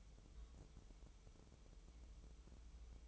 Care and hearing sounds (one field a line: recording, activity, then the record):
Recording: daily activity, microphone in the room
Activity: take from stove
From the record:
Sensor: 1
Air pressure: 988.3 hPa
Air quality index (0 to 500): 201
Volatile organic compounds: 1000 ppm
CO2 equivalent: 5382 ppm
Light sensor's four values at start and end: 27/98/37/39 and 27/97/37/39